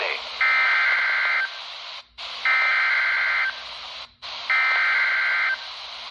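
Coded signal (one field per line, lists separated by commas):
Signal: Emergency Alert System (SAME) tones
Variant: header bursts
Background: speech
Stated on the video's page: Severe thunderstorm warning on NOAA weather radio, 162.500 MHz, received about 82 miles from the transmitter on a RadioShack 12-254.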